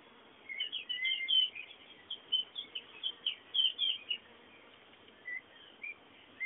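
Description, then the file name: Bird twittering in quick, irregular bursts of high chirps through the middle, fading to a few isolated calls near the end, with steady hiss underneath. Background birdsong. "fondo pajaros"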